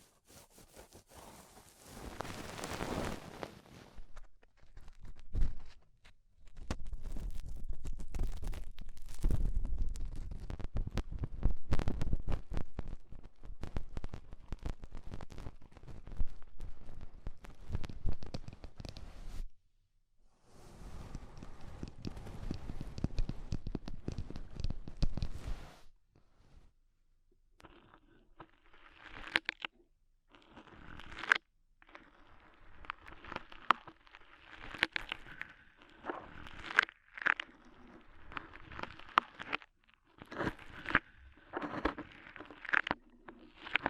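Ear cleaning with rhinestone and clay removal: dense scratchy crackling and rubbing in bursts, a brief silence near twenty seconds, then sparser tapping clicks.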